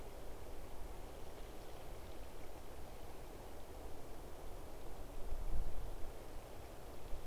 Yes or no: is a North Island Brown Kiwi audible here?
no